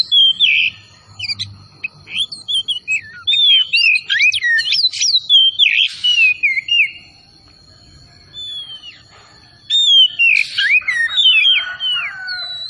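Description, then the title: Oriental magpie-robin pouring out varied whistles, trills and harsh notes in long bursts, pausing midway before resuming loudly. Singing vigorously (gacor). "Kacer Tretes Gacor"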